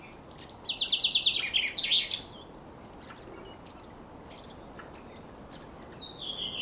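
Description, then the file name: Common chaffinch song: a bright, rapid trill tumbling downward and ending in an emphatic flourish, then quiet, then a falling note begins. "Fringilla coelebs"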